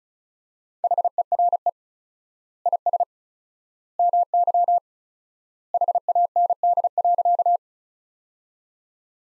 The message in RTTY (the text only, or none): none